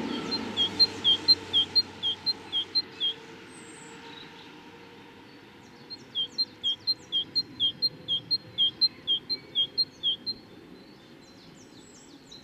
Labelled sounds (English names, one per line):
Great Tit call